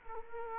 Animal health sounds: mosquito wingbeat signal from an infrared sensor; Culex quinquefasciatus

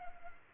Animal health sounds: mosquito wingbeat signal from an infrared sensor; Culex pipiens

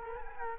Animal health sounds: mosquito wingbeat signal from an infrared sensor; Culex quinquefasciatus

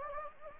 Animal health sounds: mosquito wingbeat signal from an infrared sensor; Anopheles gambiae

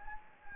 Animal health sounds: mosquito wingbeat signal from an infrared sensor; Anopheles gambiae

